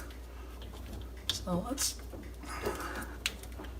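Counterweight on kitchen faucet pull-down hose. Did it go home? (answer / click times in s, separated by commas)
no / none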